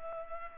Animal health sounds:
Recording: mosquito wingbeat signal from an infrared sensor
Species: Culex pipiens

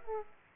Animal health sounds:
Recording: mosquito wingbeat signal from an infrared sensor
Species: Aedes aegypti

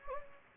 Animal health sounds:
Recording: mosquito wingbeat signal from an infrared sensor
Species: Anopheles gambiae

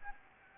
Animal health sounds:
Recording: mosquito wingbeat signal from an infrared sensor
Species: Anopheles gambiae

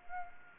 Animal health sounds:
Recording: mosquito wingbeat signal from an infrared sensor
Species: Anopheles gambiae

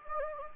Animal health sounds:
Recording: mosquito wingbeat signal from an infrared sensor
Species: Anopheles gambiae

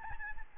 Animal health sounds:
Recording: mosquito wingbeat signal from an infrared sensor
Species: Aedes albopictus

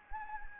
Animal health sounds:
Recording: mosquito wingbeat signal from an infrared sensor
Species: Anopheles gambiae

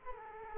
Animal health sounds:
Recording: mosquito wingbeat signal from an infrared sensor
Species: Culex quinquefasciatus

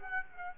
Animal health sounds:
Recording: mosquito wingbeat signal from an infrared sensor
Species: Aedes aegypti

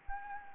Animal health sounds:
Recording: mosquito wingbeat signal from an infrared sensor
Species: Anopheles gambiae

